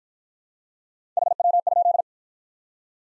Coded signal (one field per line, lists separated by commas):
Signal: Morse code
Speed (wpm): 46 wpm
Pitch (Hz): 700 Hz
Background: none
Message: HW?